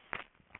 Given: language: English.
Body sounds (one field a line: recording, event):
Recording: throat vibration sensor signal played as sound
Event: swallow